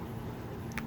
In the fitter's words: so i like to use these because they stay open when you want to put in your stitch and then they easily lock into place